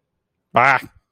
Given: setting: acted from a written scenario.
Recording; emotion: vocal sound without words; fear